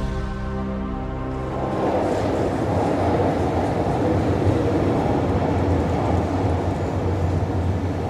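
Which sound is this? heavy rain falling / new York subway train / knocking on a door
new York subway train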